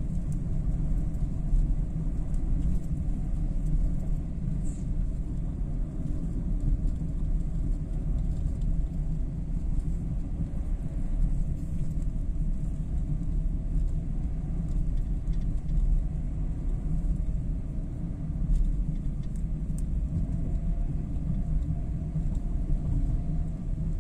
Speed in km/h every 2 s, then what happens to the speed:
54, 52, 52, 53, 54, 53, 54, 52, 51, 52, 53, 54.
0-24 steady at about 53.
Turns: none.